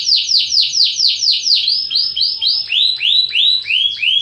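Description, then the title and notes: Atlantic Canary song, a steady series of loud downslurred whistled notes, about four per second, dropping slightly lower midway. Canary master song, a tutor recording used for training other canaries. "Suara Burung Kenari Masteran. master suara burung kenari mantap"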